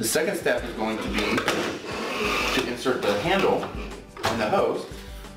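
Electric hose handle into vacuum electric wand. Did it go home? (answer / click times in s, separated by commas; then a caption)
no / none. Someone talks over background music while handling the handle end of an electric vacuum hose, which has a trigger, getting ready to push it into the electric wand, which has a black casing. The clip ends before the handle goes home in the wand, so nothing has seated or clicked yet.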